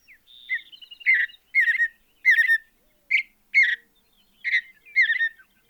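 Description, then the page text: Mountain bluebird song of rapid burry chirps and slurred warbles, with a thin high whistled note drawn out near the start and short gaps between phrases. "Andrew Spencer - Голубая сиалия (Sialia currucoides)"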